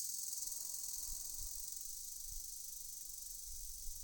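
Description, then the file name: Cicada song, a continuous high hissing buzz held steady throughout, with faint low rumbles underneath. From India. "Cicada-Indian Insect Sound"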